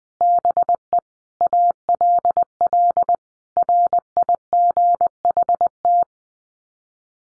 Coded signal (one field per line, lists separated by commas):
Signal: Morse code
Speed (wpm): 20 wpm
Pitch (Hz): 700 Hz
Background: none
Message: BE ALL RIGHT